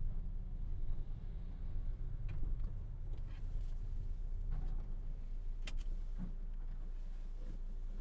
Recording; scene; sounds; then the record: everyday scene through a hearing-aid microphone; in a vehicle; engine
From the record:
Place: Berlingo II, diesel engine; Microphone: behind the ear, right, rear